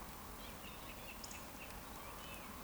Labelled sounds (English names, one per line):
Eurasian Woodcock whistle